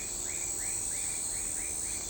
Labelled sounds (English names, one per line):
none